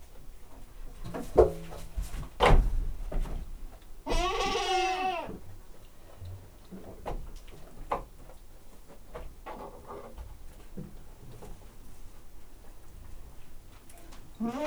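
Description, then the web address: Domestic goat giving a single quavering bleat of about a second, surrounded by wooden knocks, thumps and quiet rustling. Domestic goat recorded in a farmyard. "allathangok parasztudvar hazikecske kecske"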